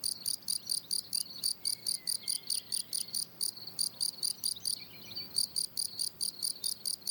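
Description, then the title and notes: Field cricket song: shrill pulsing chirps in a brisk even beat that breaks off briefly, then resumes. Lone, fairly isolated individual singing in steady rhythm; plateau de Lesches en Diois, France; 27 June 2018, 10:00; hot day, already 23°C; recorded with Nagra Seven and MKH8040 microphone. "Un grillon champêtre. 27 juin 2018, plateau de Lesches en Diois"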